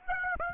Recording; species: mosquito wingbeat signal from an infrared sensor; Aedes aegypti